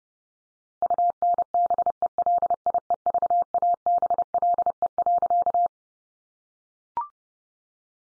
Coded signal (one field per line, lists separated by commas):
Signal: Morse code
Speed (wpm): 28 wpm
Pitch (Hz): 700 Hz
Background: none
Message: UNBELIEVABLE.